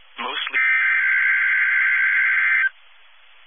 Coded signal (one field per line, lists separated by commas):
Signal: Emergency Alert System (SAME) tones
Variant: header bursts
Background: speech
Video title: EAS Tornado Warning Indiana Statewide Tornado Drill NOAA Weather Radio +WeatherSTAR4000